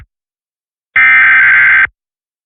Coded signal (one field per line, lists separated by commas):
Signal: Emergency Alert System (SAME) tones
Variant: header bursts